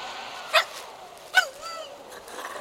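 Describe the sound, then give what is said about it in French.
Milou, a dog, growls in two short, sharp bursts about a second apart, followed by a thin, wavering whine, on a steep snowy slope in Tibet, with no one talking. “Mais qu'est-ce que tu as, toi? Tu es fou de grogner comme ça?”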